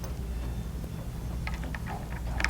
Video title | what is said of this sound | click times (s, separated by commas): Easy Wood Tools Demo Pt1 1 | and pops right back in and locks into place | 2.4 s